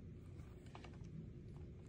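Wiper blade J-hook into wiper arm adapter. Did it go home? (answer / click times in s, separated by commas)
yes / 0.8 s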